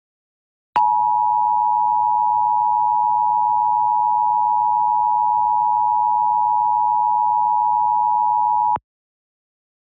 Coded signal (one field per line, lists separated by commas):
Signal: Emergency Alert System (SAME) tones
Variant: 853 and 960 Hz attention tone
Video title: EAS Mock: "It's a regular day in Champaign, nothing more" | #ChampaignsDestructiveTroubles